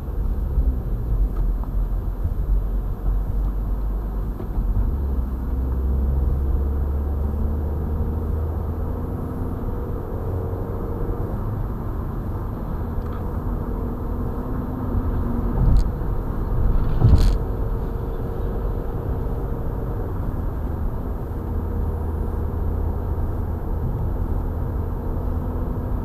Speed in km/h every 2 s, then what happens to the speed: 40, 50, 52, 56, 65, 75, 79, 83, 88, 91, 93, 94, 96.
0-26 speeds up to 96.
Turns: none.